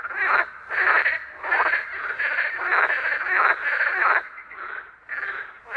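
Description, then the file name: Harsh, pulsed frog croaks repeat in a steady sequence of rasping bursts, roughly one and a half per second, fading briefly near the end. "Frogzma"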